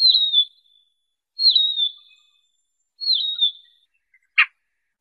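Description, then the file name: Siberian rubythroat calls, three drawn-out high whistles falling in pitch, followed by a single dry click. "Tieng chim oanh co do"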